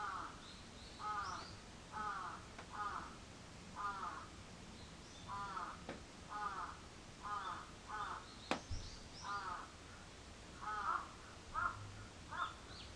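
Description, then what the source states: Crow giving repeated rasping caws in short runs, with higher chirps of other birds and a sharp knock midway. Recorded 14 July 2022 at 06:37.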